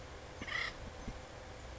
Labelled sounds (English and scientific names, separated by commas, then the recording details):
Acorn Woodpecker (Melanerpes formicivorus)
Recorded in Sonoma County, California